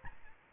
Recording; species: mosquito wingbeat signal from an infrared sensor; Aedes albopictus